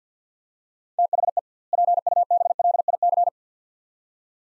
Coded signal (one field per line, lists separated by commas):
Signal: Morse code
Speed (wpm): 50 wpm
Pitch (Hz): 700 Hz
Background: none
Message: THE PUBLIC